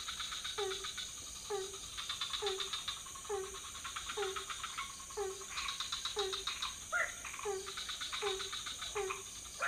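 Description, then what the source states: Mixed frogs calling: a downward note repeated regularly alongside rattling pulse trains and a steady high buzz. Several frog species calling at night in a pond near a hotel in Ubud, Bali, Indonesia; recorded with Sony PCM D50, Rode NT4 and boompole.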